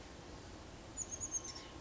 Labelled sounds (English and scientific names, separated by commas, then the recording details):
Chestnut-backed Chickadee (Poecile rufescens)
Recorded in Sonoma County, California